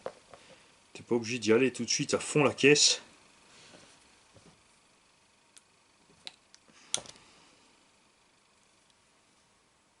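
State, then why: Seated. Someone talks while a plastic ball-joint cup on the rear suspension of a Hotbodies E817T RC car is pressed gradually onto a metal ball stud, with no need to force it. A few faint ticks follow, then the cup snaps into place with a sharp click at 6.9 s, seating on the stud.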